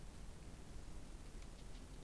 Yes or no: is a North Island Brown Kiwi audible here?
no